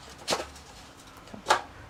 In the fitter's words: There you go. Snaps back in.